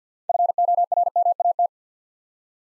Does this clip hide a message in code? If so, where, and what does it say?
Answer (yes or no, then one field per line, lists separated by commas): yes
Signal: Morse code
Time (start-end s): 0.3-1.7 s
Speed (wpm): 48 wpm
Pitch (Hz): 700 Hz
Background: none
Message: FORMAT